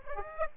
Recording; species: mosquito wingbeat signal from an infrared sensor; Aedes aegypti